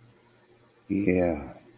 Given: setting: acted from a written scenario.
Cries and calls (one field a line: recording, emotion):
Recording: vocal sound without words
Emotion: romantic love